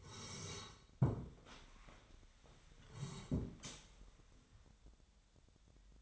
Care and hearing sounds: daily activity, microphone in the room; sit down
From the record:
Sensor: 3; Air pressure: 1015.2 hPa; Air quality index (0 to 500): 160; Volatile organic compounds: 11 ppm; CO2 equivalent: 2282 ppm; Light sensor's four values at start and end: 15/39/16/17 and 15/39/16/17

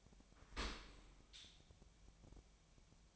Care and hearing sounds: daily activity, microphone in the room; open dishwasher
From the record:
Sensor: 1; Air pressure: 1006.7 hPa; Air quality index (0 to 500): 210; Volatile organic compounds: 25 ppm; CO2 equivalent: 2826 ppm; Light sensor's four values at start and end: 13/33/13/14 and 13/33/13/14

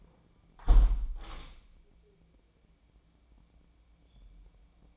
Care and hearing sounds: daily activity, microphone in the room; close window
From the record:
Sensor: 1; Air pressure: 1012.3 hPa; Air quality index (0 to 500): 168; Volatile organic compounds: 3 ppm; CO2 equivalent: 1369 ppm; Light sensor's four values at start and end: 138/313/137/147 and 150/336/149/158

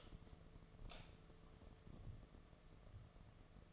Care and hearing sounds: daily activity, microphone in the room; light on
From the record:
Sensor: 4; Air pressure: 1015.6 hPa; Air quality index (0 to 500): 181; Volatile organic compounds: 8 ppm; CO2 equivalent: 2091 ppm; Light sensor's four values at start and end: 22/52/22/23 and 23/57/24/26

